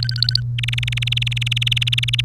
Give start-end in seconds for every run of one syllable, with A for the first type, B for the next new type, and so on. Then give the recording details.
0.03-0.40 A, 0.58-2.21 B. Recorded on 1 May 2018 at 10:32. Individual llb3